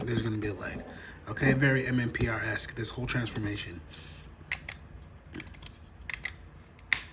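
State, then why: Seated. Someone talks while a plastic leg piece of a brick-built Lego Power Rangers Triassic Thunder Megazord combiner robot is folded and pushed onto its peg in the toy robot body, with a few small plastic clicks along the way. A sharp, loud snap at 6.9 s seats the leg firmly in place, pegged in very securely.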